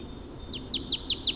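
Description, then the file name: Marsh tit uttering a quick string of five high, sharply falling notes in clear succession. "Poecile palustris"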